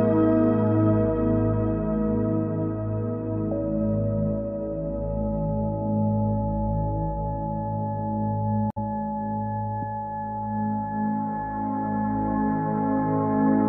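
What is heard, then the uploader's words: A steady, sustained tone piece built on 852 Hz, layered over a deep, humming drone with many stacked ringing pitches like a singing bowl. New pure tones slide in around three and a half seconds and again near nine, just after a brief dropout. Frequency 852 Hz - Solfeggio.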